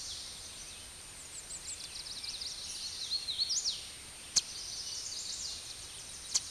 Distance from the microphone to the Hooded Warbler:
about 40 m